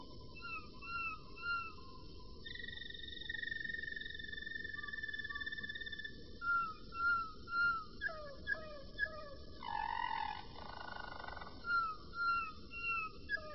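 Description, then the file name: Roller canary song: repeated gliding whistled notes, then a long steady held tone, more gliding notes and a rough rolling trill, phrases following in quick succession. "kenari-roller-v 4-omkicau"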